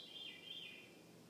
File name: Veery Alaska Juneau Laurie Lamm 15 June 2014